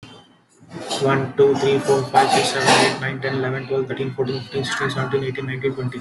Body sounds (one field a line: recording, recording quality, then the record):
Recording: counting at a fast pace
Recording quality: moderate, slight background noise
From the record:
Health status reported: healthy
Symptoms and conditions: none ticked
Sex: male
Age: 32 years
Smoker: not ticked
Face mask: not worn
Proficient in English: yes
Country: India